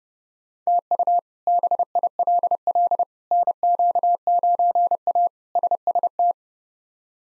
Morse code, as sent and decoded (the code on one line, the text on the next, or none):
- ..- / -... .. .-.. .-.. / -. --.- ----. .- / ... ... -
TU BILL NQ9A SST